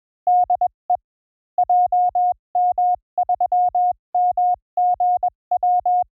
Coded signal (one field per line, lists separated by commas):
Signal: Morse code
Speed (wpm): 21 wpm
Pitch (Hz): 720 Hz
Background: none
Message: DE JM3MGW